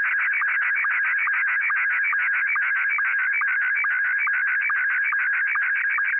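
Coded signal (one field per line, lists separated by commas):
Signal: SSTV (slow-scan television)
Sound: warbling tone sweeping rapidly with regular short low sync blips, steady throughout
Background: tape hiss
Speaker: I've selected a photo already on here of me holding a cassette tape which is fitting so what we're going to do is we're going to set up the Tascam 112 cassette deck to record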